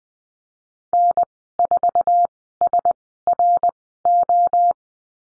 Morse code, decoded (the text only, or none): N4SRO